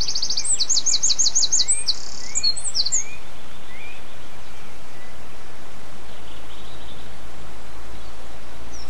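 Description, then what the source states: Birdsong: a quick run of high, clipped trilled notes for about three seconds, then a few soft notes and mostly a constant low hum. Bird songs recorded on 11 04 07 with an MZ-N710 minidisc recorder; excerpt.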